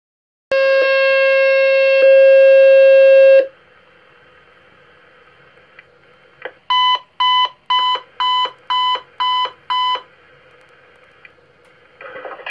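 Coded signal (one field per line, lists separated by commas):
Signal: two-tone page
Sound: a steady buzzy tone stepping to a second tone, then seven short beeps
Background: quiet room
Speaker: Imagine NFL fire, render dispatch for the pager test. Pager test only. How do you copy?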